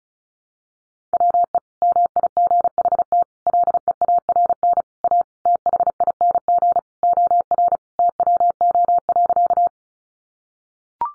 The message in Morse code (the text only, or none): WE MIGHT LEARN A THING OR TWO.